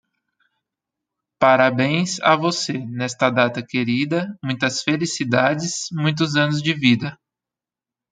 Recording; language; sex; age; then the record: short text; Brazilian Portuguese; female; 30 to 39 years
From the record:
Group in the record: control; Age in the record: 31 years